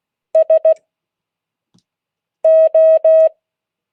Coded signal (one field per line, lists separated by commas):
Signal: Morse code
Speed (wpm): 16 wpm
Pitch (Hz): 640 Hz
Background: none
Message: SO